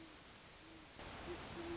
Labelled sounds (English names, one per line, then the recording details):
Great Horned Owl
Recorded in Sonoma County, California